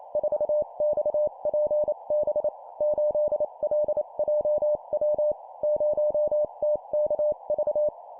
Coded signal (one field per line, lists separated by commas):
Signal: Morse code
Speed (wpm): 28 wpm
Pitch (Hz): 600 Hz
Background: none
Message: 4XPB 8LJW 0TKV